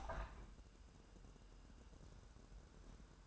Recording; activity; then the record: daily activity, microphone in the room; open window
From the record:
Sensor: 2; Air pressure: 1000.1 hPa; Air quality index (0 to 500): 233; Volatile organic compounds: 67 ppm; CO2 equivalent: 3491 ppm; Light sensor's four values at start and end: 8/20/8/8 and 9/21/8/8